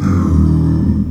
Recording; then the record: squeal of a Yucatan mini pig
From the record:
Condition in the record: after surgery on the right vocal fold (resection and tissue-engineered implant); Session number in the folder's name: 13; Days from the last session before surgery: 113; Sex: female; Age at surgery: 19 weeks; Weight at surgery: 25 kg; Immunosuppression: prednisolone